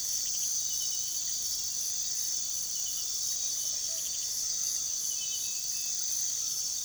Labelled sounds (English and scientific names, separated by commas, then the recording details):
none
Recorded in pastures near Puerto Asís, Putumayo, Colombia, on 20 February 2024 at 05:00
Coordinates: 0.466, -76.323
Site G6384